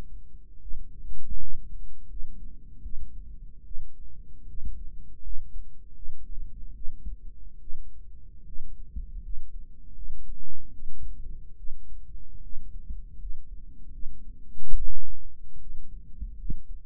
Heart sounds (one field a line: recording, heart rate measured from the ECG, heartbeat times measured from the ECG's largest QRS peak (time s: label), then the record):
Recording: heart sounds by microphone in the right ear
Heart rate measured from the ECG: 76 bpm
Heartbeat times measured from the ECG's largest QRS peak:
0.61 s: heartbeat
1.38 s: heartbeat
2.08 s: heartbeat
2.83 s: heartbeat
3.64 s: heartbeat
4.47 s: heartbeat
5.22 s: heartbeat
5.94 s: heartbeat
6.74 s: heartbeat
7.60 s: heartbeat
8.45 s: heartbeat
9.22 s: heartbeat
9.94 s: heartbeat
10.72 s: heartbeat
11.57 s: heartbeat
12.41 s: heartbeat
13.18 s: heartbeat
13.92 s: heartbeat
14.74 s: heartbeat
15.59 s: heartbeat
16.37 s: heartbeat
From the record:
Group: healthy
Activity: rest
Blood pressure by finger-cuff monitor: 131/73 mmHg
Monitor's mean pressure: 90 mmHg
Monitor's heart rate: 77 bpm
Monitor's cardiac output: 6.7 L/min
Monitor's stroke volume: 87 mL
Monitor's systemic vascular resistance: 990 dyn s/cm5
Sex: female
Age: 22 years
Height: 160 cm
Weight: 63 kg